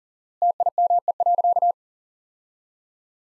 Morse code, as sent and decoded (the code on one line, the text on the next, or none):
- .. -- . .-.-.-
TIME.